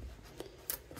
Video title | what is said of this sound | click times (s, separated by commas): Marcelle Tote Tutorial - Cork and Thread | snaps should help you line everything up so just make sure they get snapped | 0.7 s